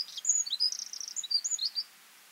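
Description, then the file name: Eurasian wren song: a brisk run of high twittering notes and short trills, ending abruptly after about two seconds. "Troglodytes troglodytes"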